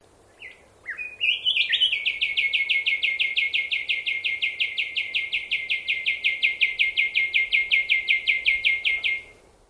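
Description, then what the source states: Bird calling in a fast, steady trill of high, sharp notes lasting several seconds, after a few scattered chirps, over a soft background hiss. Swamp habitat.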